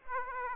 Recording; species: mosquito wingbeat signal from an infrared sensor; Aedes aegypti